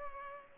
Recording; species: mosquito wingbeat signal from an infrared sensor; Culex pipiens